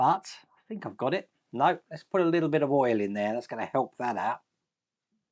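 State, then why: Not seated. A metal ball joint on a model figure's leg is being pushed by hand into its socket end while someone talks; it is hard to push, so a little oil is added first. Only talking is heard, and nothing has seated or clicked yet.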